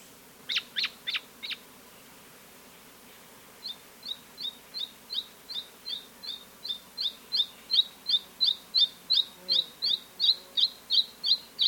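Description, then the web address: Mountain robin: bird call: a few sharp, downslurred high notes, a short pause, then a long run of brief, clipped high notes repeated about three times a second that grow gradually louder. Recorded in South America. "Natures Songs S America Mountain Robin"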